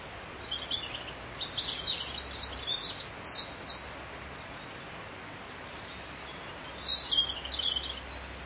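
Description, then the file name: Bird twittering: a long run of rapid high chirps at the start, a pause, then a shorter burst near the end, over hiss. "Vogel"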